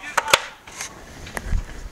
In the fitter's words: until it snaps into place